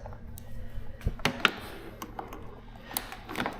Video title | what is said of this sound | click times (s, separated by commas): Gio Italia Ultra, no power troubleshooting | maybe it's a little bit tight Place make sure you hear that click and try to | 1.2 s, 1.5 s